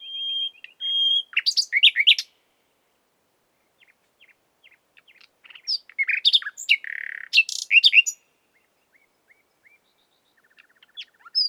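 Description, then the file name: Common nightingale singing: a sustained whistled note opening into rapid varied chirps and trills, a pause, then another burst of sharp notes and a buzzy section. "Luscinia megarhynchos"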